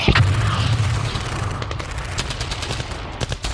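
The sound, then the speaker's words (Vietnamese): Bursts of gunfire crackle in a rapid, uneven string of sharp cracks over a low, rumbling boom, loudest at the start and thinning out toward the end. “Khi người lính băng bó Phong cho Phong, tiếng súng cũng dứt hẳn.”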